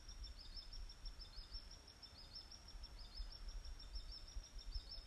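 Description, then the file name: Bird giving a regular run of brief, thin, high notes that lift slightly in pitch, repeated evenly throughout, with low background rumble underneath. "fugl"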